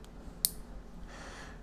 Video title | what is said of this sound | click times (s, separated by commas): Installing Custom Dynamics LED Bagz on Indian Challenger! | you hear the snap that's secure | 0.4 s